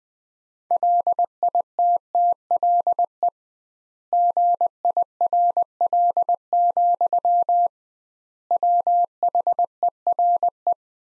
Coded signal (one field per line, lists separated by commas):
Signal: Morse code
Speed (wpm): 20 wpm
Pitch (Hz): 700 Hz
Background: none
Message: LITTLE GIRL, WHERE